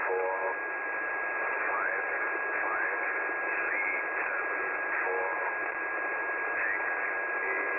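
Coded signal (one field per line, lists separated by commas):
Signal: numbers station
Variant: E06, English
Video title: Russian Spy Number Station E06, moderately clear S5 to 6 reception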